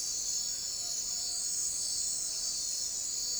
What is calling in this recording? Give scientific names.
none